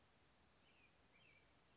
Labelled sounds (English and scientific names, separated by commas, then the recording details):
Western Flycatcher (Empidonax difficilis)
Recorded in Sonoma County, California